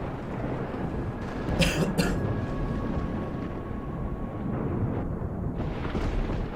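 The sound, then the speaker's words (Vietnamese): A deep, steady rumble of thunder rolls on for several seconds, broken early by two sharp, cracking bursts in quick succession before the low growl continues. “Cùng lúc ấy, một tiếng sấm đì đùng vọng lại từ trên không trung, làm cho lão Tâm lăn quay ra.”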